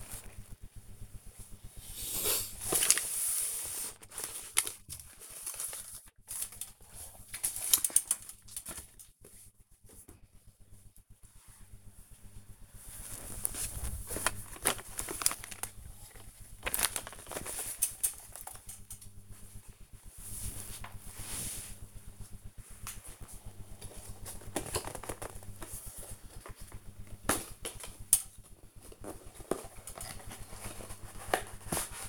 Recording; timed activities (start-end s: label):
household activities, microphone on the right wrist
4.70-32.09 s: sorting documents